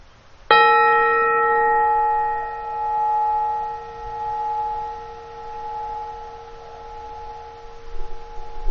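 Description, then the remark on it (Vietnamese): A single meditation bell is struck once during a Buddhist talk, ringing out with a bright metallic attack and clear layered overtones that hum on and slowly fade over several seconds, with no voices. “Xin hãy nghe chuông và quay về với hơi thở của mình.”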